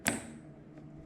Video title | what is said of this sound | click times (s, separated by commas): Reviewing Arc Pulse ￼Phone case ,Andobil duel sided magnet and other thangs !!! | you can hear it click it's got a good solid click it's | 0.1 s